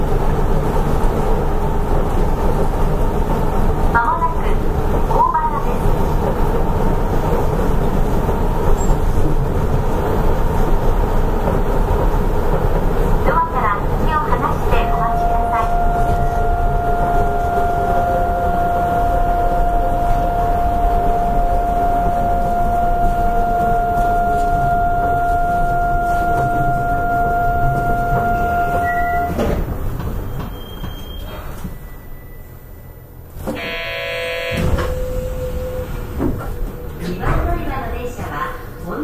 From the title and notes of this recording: アストラムライン 6000系 広域公園前から本通まで. It is the running sound of the Astram Line 6000 train in Hiroshima City. The section is from Koiki-koen-mae to Hondori.